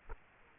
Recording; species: mosquito wingbeat signal from an infrared sensor; Aedes aegypti